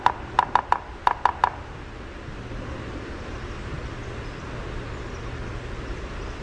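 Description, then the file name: Red-breasted sapsucker drumming, a brief irregular burst of about seven sharp knocks in the first second and a half, then only background noise. "RBSA drumming"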